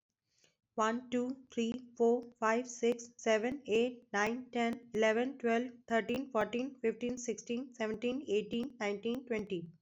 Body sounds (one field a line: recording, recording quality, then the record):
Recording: counting at a fast pace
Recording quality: excellent, no background noise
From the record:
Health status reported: COVID-19 positive, mild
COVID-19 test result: positive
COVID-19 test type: RT-PCR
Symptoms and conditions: cough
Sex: female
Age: 29 years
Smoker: no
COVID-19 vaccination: both doses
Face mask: not worn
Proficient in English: yes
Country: India